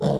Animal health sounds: pig call; piglet (1 to 25 days)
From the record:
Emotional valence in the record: negative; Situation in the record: long isolation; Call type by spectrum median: low-frequency call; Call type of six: low-frequency stable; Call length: 0.20 s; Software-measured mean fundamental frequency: 68 Hz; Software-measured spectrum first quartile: 175 Hz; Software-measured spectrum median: 373 Hz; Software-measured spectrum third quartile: 602 Hz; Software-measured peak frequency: 175 Hz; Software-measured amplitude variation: 122 dB a second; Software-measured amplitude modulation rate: 17.3 a second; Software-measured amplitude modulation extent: 7.0 dB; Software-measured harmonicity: 0.7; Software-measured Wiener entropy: -0.71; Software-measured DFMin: 1298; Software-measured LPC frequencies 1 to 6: 562, 3215, 3591, 4382, 5289, 6415 Hz

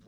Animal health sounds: pig call; piglet (1 to 25 days)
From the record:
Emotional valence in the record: positive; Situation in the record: reunion after long isolation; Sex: male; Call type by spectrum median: low-frequency call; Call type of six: low-frequency stable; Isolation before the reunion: 8 minutes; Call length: 0.08 s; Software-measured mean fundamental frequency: 49 Hz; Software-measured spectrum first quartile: 178 Hz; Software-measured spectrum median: 368 Hz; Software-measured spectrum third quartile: 1364 Hz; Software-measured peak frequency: 209 Hz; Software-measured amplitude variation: 49 dB a second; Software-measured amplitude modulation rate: 12.1 a second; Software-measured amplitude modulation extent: 4.0 dB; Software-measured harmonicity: 1.0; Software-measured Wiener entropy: -1.83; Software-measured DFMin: 883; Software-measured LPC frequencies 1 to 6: 3816, 5163, 5902, 7575, 8261, 9252 Hz

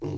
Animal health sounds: pig call; weaner (32 to 43 days)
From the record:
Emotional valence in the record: negative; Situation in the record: long isolation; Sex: female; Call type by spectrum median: low-frequency call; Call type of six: low-frequency stable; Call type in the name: low-frequency stable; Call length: 0.18 s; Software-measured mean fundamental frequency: 53 Hz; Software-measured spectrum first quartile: 134 Hz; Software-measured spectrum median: 269 Hz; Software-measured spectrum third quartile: 402 Hz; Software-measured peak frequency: 347 Hz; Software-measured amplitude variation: 92 dB a second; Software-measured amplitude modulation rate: 25.4 a second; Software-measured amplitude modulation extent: 3.6 dB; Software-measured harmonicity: 0.5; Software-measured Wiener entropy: -0.38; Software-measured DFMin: 822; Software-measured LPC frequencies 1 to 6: 346, 885, 2143, 2811, 3957, 4733 Hz

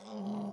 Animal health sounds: pig call; piglet (1 to 25 days)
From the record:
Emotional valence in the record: negative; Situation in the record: long isolation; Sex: male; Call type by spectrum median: low-frequency call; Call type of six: low-frequency modulated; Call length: 0.53 s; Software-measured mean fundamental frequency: 69 Hz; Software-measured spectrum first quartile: 204 Hz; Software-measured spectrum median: 302 Hz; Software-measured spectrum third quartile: 739 Hz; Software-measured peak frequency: 203 Hz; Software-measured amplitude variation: 70 dB a second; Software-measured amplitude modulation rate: 26.5 a second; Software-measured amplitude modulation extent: 2.7 dB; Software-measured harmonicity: 6.6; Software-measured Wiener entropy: -0.40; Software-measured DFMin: 944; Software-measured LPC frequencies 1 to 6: 2163, 3223, 3745, 5032, 5956, 7729 Hz

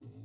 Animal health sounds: pig call; weaner (32 to 43 days)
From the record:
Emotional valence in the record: negative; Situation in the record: restrain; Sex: male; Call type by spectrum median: low-frequency call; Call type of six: low-frequency stable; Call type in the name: low-frequency stable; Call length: 0.25 s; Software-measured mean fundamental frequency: 55 Hz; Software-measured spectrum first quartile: 112 Hz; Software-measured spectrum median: 168 Hz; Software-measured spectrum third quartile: 329 Hz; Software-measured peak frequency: 116 Hz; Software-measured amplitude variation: 109 dB a second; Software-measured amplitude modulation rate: 16.0 a second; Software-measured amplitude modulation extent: 6.8 dB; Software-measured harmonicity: -3.4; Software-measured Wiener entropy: 1.15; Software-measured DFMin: 919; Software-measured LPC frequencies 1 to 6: 240, 1968, 2667, 3624, 4187, 4948 Hz

